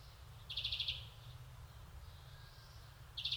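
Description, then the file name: European greenfinch giving a short, rapid high trill of ticking notes, followed near the end by the start of another burst, over a low steady rumble. "Chloris chloris"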